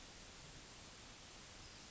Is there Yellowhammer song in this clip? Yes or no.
no